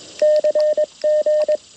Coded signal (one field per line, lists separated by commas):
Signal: Morse code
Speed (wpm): 21 wpm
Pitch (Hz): 610 Hz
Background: radio noise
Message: CG